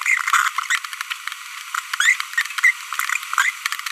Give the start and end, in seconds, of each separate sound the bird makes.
0.70-0.78, 2.00-2.13, 2.38-2.42, 2.64-2.71, 3.38-3.50